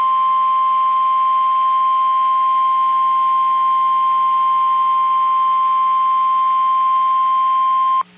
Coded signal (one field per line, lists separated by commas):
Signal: Emergency Alert System (SAME) tones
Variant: 1050 Hz attention tone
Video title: Severe Thunderstorm Warning on KEC56 Dallas, TX (EAS #226)